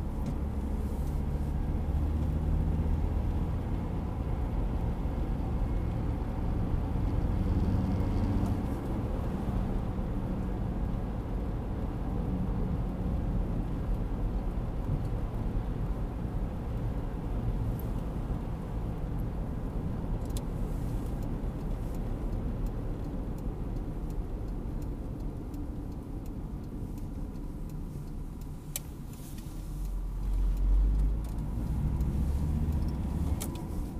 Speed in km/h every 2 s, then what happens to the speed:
51, 57, 62, 67, 69, 68, 68, 66, 63, 61, 59, 54, 45, 35, 27, 21, 24.
0-6 speeds up to 67. 6-13 steady at about 68. 13-29 slows to 21.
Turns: 29-34.